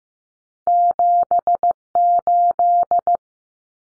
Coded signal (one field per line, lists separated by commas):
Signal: Morse code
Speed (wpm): 15 wpm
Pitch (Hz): 700 Hz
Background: none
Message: 78